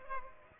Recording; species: mosquito wingbeat signal from an infrared sensor; Culex pipiens